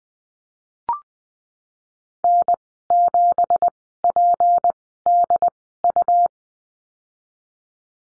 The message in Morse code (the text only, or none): N7PDU